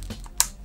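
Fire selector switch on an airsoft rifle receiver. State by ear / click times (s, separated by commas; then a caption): seated / 0.4 s. The fire selector switch on the receiver of an Umarex KWA Tavor SAR TAR-21 Flattop gas blowback airsoft rifle is flicked to test its quality. A sharp, bright click at 0.4 s, well above a few faint ticks, marks the selector snapping into its detent. It clicks into place as it should.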